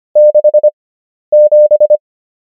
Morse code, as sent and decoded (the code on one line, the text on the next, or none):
-.... --...
67